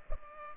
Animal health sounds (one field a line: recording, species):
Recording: mosquito wingbeat signal from an infrared sensor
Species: Culex pipiens